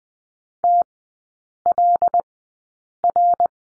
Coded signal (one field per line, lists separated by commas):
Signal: Morse code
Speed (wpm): 20 wpm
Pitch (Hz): 700 Hz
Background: none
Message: TLR